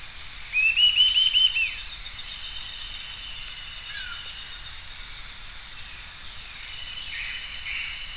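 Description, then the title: Bird song: a short series of about four clear whistled notes over a steady high hiss. "LuckyPassaro Completos2Sama"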